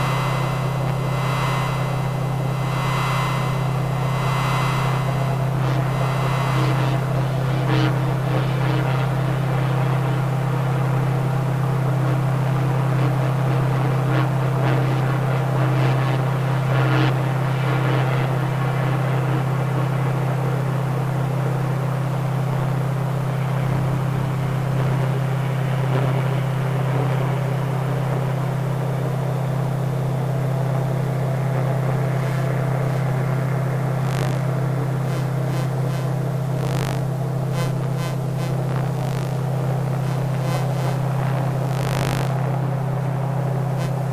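Electromagnetic hum picked up from a modem, server, gas boiler and light fittings: a loud, steady low drone that never lets up. Over it come shifting buzzes and crackles, pulsing chirps in the first few seconds, then scattered sharp clicks and brief bursts, especially after thirty seconds.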